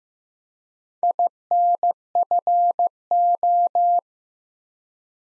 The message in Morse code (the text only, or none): INFO